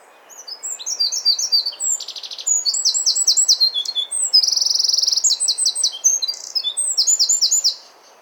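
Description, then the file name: Eurasian wren singing a sustained, very high, rapid sequence of ringing notes and trills, including one even rattling trill near the middle. "Troglodytes troglodytes"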